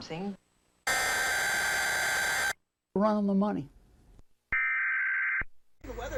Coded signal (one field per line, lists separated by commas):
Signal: Emergency Alert System (SAME) tones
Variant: header bursts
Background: speech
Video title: eas alarm